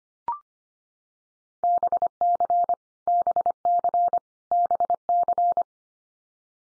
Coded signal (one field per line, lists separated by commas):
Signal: Morse code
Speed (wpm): 25 wpm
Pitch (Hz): 700 Hz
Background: none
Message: BC BC BC